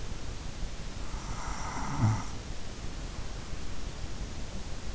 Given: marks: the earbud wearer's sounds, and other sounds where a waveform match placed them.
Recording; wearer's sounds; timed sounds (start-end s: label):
sounds in sleep by an in-ear microphone; snoring breath
0.97-3.60 s: snoring breath